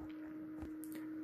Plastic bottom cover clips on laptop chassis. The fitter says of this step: as you do it you'll hear a couple clicks of it coming out of place which is good so